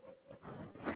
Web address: Koala CS HMCrecordings 2 4 2021 Save Trial